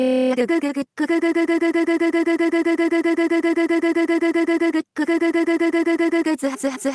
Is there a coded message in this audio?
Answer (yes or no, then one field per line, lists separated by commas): no